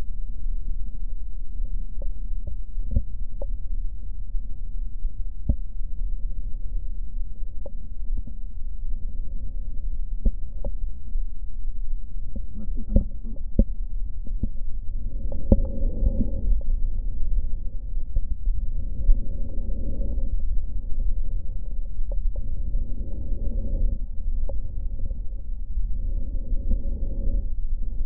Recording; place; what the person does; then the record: lung sounds by stethoscope; right posterior basal chest; quiet breathing, then deep breathing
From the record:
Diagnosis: none (healthy); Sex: male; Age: 60 years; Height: 190 cm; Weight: 150 kg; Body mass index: 41.6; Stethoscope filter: diaphragm mode